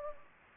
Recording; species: mosquito wingbeat signal from an infrared sensor; Anopheles gambiae